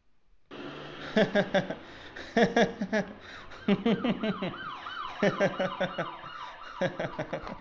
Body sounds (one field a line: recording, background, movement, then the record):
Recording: laughter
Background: traffic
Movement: sitting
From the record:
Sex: male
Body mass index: 22.0 kg/m2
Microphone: on the chest, facing outward